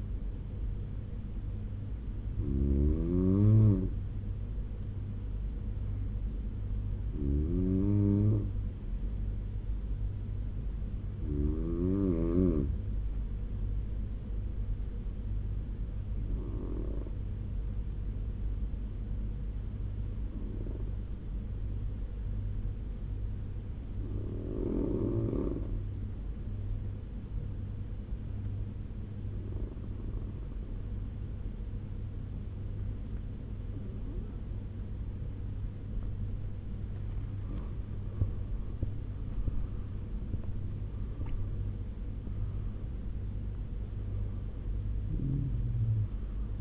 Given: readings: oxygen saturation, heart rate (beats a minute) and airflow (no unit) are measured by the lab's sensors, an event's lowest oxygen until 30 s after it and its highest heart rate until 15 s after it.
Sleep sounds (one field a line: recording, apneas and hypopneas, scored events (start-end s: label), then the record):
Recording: breathing in sleep by a smartphone at the bedside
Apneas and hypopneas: 1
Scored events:
5.00-46.61 s: new sleep stage, N1 (lightest sleep)
16.00-38.20 s: hypopnea (N1, oxygen 96% highest, then 88% lowest, heart rate 77 at the start, 91 highest)
From the record:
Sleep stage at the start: N2 (light sleep)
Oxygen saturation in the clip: 89 to 96%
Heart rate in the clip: 67 to 91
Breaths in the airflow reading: 9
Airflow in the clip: -13.0 to 13.5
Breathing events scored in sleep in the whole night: 201 in 6.5 hours asleep